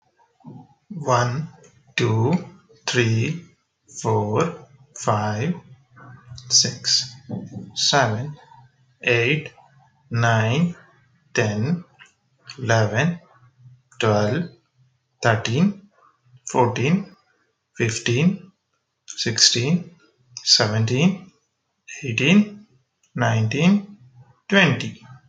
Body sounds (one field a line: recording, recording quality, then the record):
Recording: counting at a normal pace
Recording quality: excellent, no background noise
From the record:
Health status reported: healthy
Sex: male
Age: 35 years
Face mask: not worn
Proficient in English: yes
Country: India